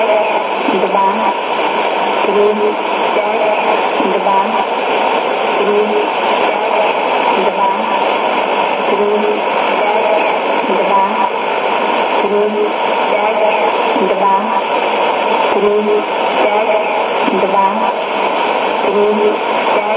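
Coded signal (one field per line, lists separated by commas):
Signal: numbers station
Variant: S06s Russian Lady, Russian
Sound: short, evenly spaced spoken words, likely Russian numbers, under heavy hiss and static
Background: radio static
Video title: 25 04 2017 Numbers station S06s Russian Lady in Russian to Eu 0800 on 11635unknown tx site in CUSB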